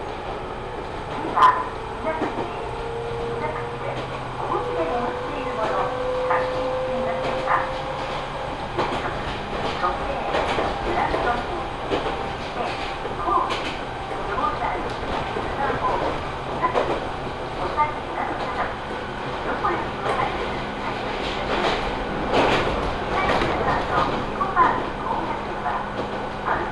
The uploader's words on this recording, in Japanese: 耳で楽しむ鉄道旅 水口・蒲生野線 八日市→貴生川。近江鉄道の南部を走る路線、水口を通りながら貴生川へと抜けていきます。